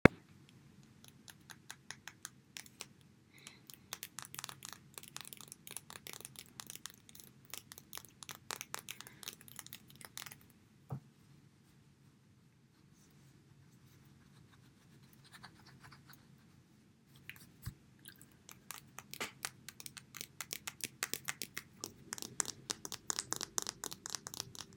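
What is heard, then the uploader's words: A makeup brush makes dense, crisp scratchy strokes, pausing around ten to seventeen seconds, then picking up again. Relaxing and soothing sounds of a makeup brush.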